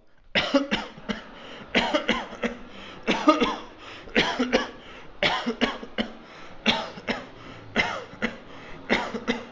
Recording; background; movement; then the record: voluntary coughing; traffic; walking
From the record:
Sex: male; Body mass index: 22.0 kg/m2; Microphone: on the chest, facing outward